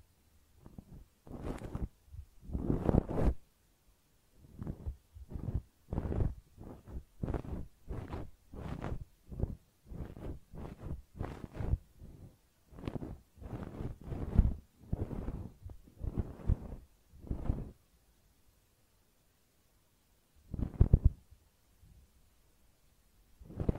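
Ear cleaning, heard as a series of short rustling, scraping bursts that come in quick succession for about eighteen seconds, then pause. A couple of sharper scrapes return near the end. Between strokes it is nearly silent, with only a faint low rumble.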